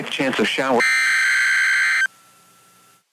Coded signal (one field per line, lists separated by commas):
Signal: Emergency Alert System (SAME) tones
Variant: header bursts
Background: speech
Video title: Tornado Watch #31 on WXJ97 & ArkLaTex Weather TV (EAS #1080-1081)